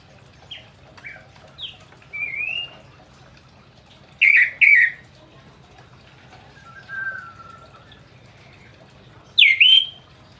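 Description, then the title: Orange-headed thrush song: scattered short whistled notes and sharp slurred phrases separated by pauses. Singing bird; song described as "gacor ngeplong". "Anis Kembang Gacor Ngeplong Istimewa Suara Burung"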